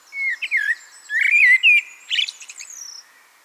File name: Turdus merula